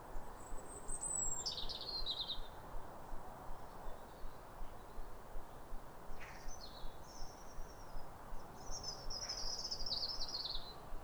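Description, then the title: European robin phrases, high and wistful with thin descending whistles, sparse throughout, over a steady low rumble and soft regular ticking sounds. Pair of robins in neighbouring gardens singing back and forth, like a duet, at a clear, calm New Year sunrise in winter after weeks of rain, welcoming the early sun. "Sound Escape. chorus of New Year's robins"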